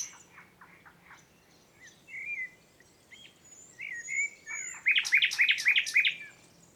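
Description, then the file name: Common nightingale delivering soft repeated notes and short whistles, building to a loud fast series of rich chirped notes at the end. "Luscinia megarhynchos"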